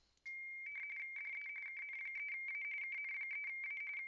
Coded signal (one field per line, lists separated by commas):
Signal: RTTY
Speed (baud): 45.45 baud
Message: DE KN3A KN3A